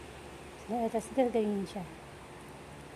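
A metal Pandora charm bracelet's lock clasp is handled as it is brought onto its catch, while someone talks from about 0.7 to 1.7 seconds. The clasp has not clicked shut or seated yet.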